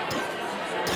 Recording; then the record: coughing mixed with background sound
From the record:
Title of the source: Wet coughing